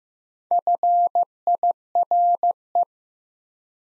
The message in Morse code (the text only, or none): FIRE